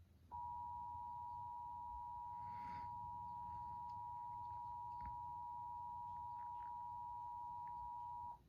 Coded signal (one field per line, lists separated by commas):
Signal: Emergency Alert System (SAME) tones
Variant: 853 and 960 Hz attention tone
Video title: (EAS #151) Required Monthly Test in New Jersey (Apr 21, 2026) (NJ PBS Version)